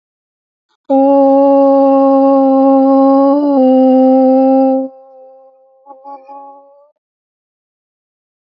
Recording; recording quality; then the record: sustained vowel as in boot; excellent, no background noise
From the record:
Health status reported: healthy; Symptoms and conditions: cough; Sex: female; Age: 30 years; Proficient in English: yes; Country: India